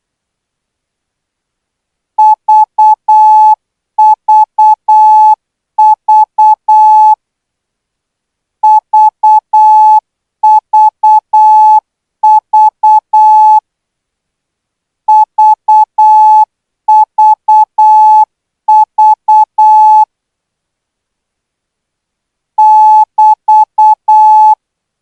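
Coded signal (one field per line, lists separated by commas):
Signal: Morse code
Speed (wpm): 8 wpm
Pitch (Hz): 860 Hz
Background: none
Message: VVV VVV VVV <BT>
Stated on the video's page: Thai Morse training signal at 12 words per minute.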